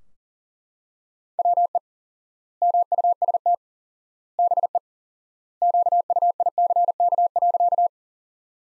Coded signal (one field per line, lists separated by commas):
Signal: Morse code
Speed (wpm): 40 wpm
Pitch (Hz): 700 Hz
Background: none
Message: WE MUST BE QUICK.